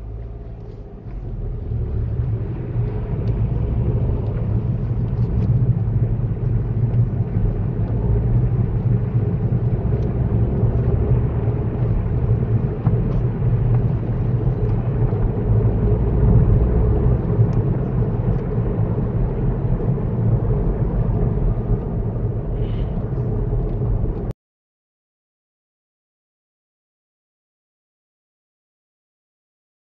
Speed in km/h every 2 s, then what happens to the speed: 0, 11, 26, 34, 37, 42, 45, 53, 55, 58, 60, 56, 56, 55, 55.
1-19 pulls away to 60.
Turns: none.